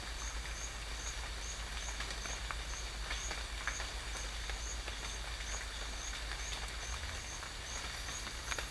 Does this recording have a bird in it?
no